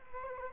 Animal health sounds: mosquito wingbeat signal from an infrared sensor; Culex quinquefasciatus

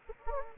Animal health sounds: mosquito wingbeat signal from an infrared sensor; Anopheles gambiae

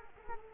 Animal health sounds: mosquito wingbeat signal from an infrared sensor; Culex quinquefasciatus

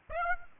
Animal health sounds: mosquito wingbeat signal from an infrared sensor; Aedes aegypti

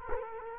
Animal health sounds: mosquito wingbeat signal from an infrared sensor; Culex quinquefasciatus

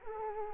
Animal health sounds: mosquito wingbeat signal from an infrared sensor; Culex quinquefasciatus

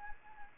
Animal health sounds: mosquito wingbeat signal from an infrared sensor; Anopheles gambiae

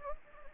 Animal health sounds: mosquito wingbeat signal from an infrared sensor; Anopheles gambiae

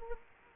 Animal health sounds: mosquito wingbeat signal from an infrared sensor; Culex quinquefasciatus

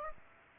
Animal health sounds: mosquito wingbeat signal from an infrared sensor; Aedes aegypti

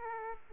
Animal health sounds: mosquito wingbeat signal from an infrared sensor; Aedes aegypti

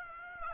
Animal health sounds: mosquito wingbeat signal from an infrared sensor; Aedes aegypti

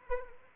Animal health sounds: mosquito wingbeat signal from an infrared sensor; Anopheles arabiensis

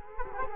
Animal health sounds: mosquito wingbeat signal from an infrared sensor; Culex quinquefasciatus

